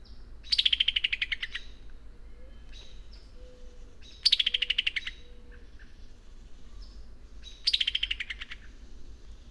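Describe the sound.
Bird song in three short phrases, each a fast run of high notes slurring downward, repeated roughly every three and a half seconds; faint softer chirps between.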